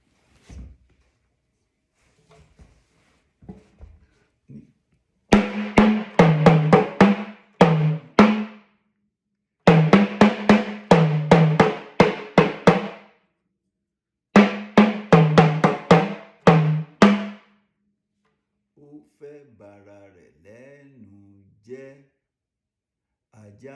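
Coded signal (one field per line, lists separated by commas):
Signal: talking drum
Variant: Yoruba, sakara drum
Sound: three phrases of rapid pitched drum strokes, tone rising and falling like speech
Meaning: A dog carrying an elephant's bone hurts its own mouth: overreaching brings self-inflicted downfall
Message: O fẹ ba ararẹ l'ẹnu jẹ aja to gbe egungun ajanaku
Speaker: I'll give you another Yoruba talking drum line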